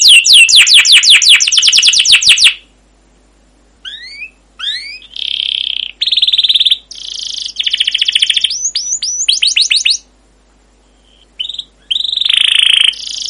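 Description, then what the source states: Canary song opening with a fast rolling trill, then silence, rising chirps, buzzy notes and short trills separated by pauses. Long rolling canary song (masteran), used as a lure to prompt other canaries to sing.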